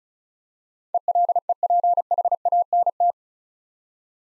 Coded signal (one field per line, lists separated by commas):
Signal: Morse code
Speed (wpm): 35 wpm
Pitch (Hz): 700 Hz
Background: none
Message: ELEPHANT